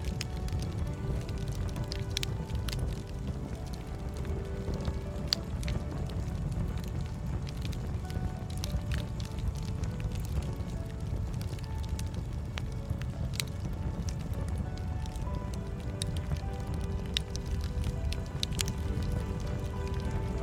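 A crackling bonfire burns steadily with a low, full rumble, its sharp pops and snaps scattered irregularly throughout, a few standing out near the two, five and thirteen second marks. Soft sustained music tones sit beneath the fire at an even level.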